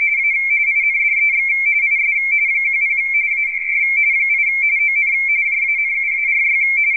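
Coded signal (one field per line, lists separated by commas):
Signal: RTTY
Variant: 170 Hz shift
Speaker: I'm uh printing out a bulletin from w1aw propagation forecast bulletin I have to shut up so it'll so the computer can read this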